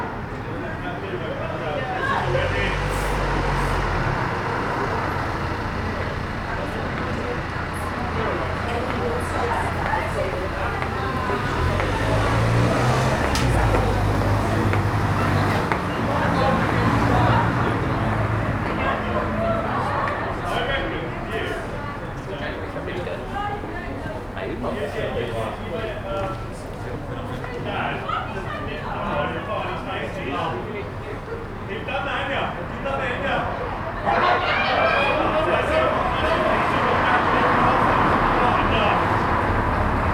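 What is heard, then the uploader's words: Many voices chatter steadily outside a small bar while traffic rumbles past, with low engine swells around the middle and near the end. Street bar. Captured on a Friday evening on the street outside a small bar. Traffic is passing by as people are gathering in a bar opposite.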